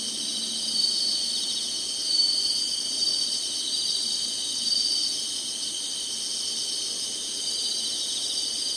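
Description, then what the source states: Continuous high-pitched insect buzzing, a shimmering chorus with gentle swells in loudness. Singing insects in summer.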